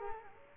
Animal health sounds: mosquito wingbeat signal from an infrared sensor; Culex quinquefasciatus

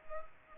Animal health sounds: mosquito wingbeat signal from an infrared sensor; Culex pipiens

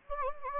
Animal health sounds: mosquito wingbeat signal from an infrared sensor; Anopheles gambiae

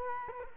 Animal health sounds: mosquito wingbeat signal from an infrared sensor; Culex quinquefasciatus

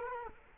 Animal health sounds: mosquito wingbeat signal from an infrared sensor; Culex quinquefasciatus

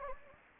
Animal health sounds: mosquito wingbeat signal from an infrared sensor; Anopheles gambiae

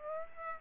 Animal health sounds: mosquito wingbeat signal from an infrared sensor; Aedes aegypti

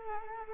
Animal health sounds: mosquito wingbeat signal from an infrared sensor; Culex quinquefasciatus

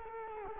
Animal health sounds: mosquito wingbeat signal from an infrared sensor; Culex quinquefasciatus

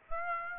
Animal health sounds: mosquito wingbeat signal from an infrared sensor; Aedes aegypti

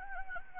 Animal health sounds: mosquito wingbeat signal from an infrared sensor; Anopheles gambiae

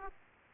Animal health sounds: mosquito wingbeat signal from an infrared sensor; Aedes aegypti

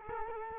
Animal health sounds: mosquito wingbeat signal from an infrared sensor; Culex quinquefasciatus

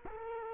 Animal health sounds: mosquito wingbeat signal from an infrared sensor; Culex quinquefasciatus

